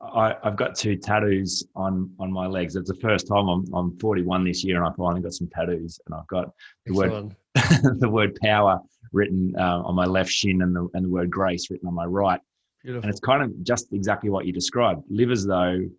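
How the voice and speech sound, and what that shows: A man speaks conversationally in a low voice, about 96 Hz, with steady clear voicing, a brief laugh and short natural pauses. The occasional word repeats are ordinary everyday hesitations. This is typical fluent adult speech with no disorder.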